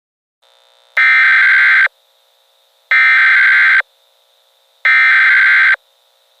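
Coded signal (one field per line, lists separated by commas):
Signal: Emergency Alert System (SAME) tones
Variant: header bursts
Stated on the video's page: Fictional EAS scenario made in CapCut, inspired by another WW3 EAS scenario.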